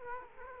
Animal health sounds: mosquito wingbeat signal from an infrared sensor; Culex quinquefasciatus

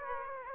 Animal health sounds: mosquito wingbeat signal from an infrared sensor; Aedes aegypti

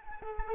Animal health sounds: mosquito wingbeat signal from an infrared sensor; Culex quinquefasciatus

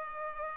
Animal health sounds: mosquito wingbeat signal from an infrared sensor; Culex pipiens

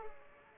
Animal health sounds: mosquito wingbeat signal from an infrared sensor; Culex pipiens

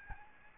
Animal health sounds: mosquito wingbeat signal from an infrared sensor; Aedes albopictus

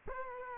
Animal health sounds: mosquito wingbeat signal from an infrared sensor; Culex quinquefasciatus

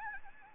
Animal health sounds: mosquito wingbeat signal from an infrared sensor; Anopheles gambiae

